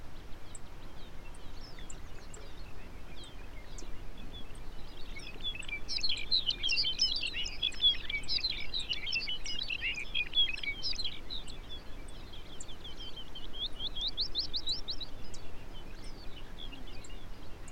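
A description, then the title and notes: Bright, tumbling birdsong rises from about six to eleven seconds, then a quick rattling trill near fifteen, over steady low wind and faint ticks. Arctic Wildlife Refuge. Listen to Ptarmigan, longspurs, rough legged hawks, red necked phalarope and the arctics very own bluethroat.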